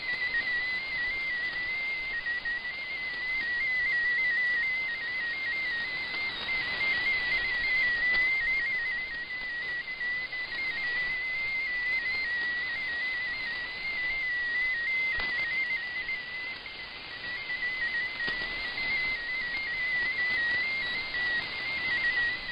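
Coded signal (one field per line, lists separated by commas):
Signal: multi-tone FSK (Olivia or MFSK type)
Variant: MFSK16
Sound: continuous warbling whistle hopping rapidly between nearby pitches, like a fluttery melody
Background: shortwave radio static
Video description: Japanese text transmission mode : MFSK16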